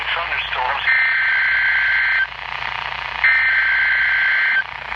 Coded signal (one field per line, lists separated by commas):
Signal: Emergency Alert System (SAME) tones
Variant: header bursts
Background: speech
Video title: Emergency Alert system EAS Severe Thunderstorm Watch Dallas Texas NOAA Weather Radio